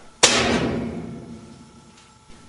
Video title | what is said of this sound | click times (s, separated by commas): Whirlpool Washing Machine - How To Take It Apart | set one of the holding Clips put the screwdriver on it and tap on it until it snaps in place | 0.2 s